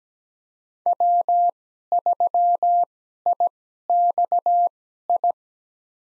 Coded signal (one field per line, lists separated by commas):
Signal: Morse code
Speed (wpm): 17 wpm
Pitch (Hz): 700 Hz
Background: none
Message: W3IXI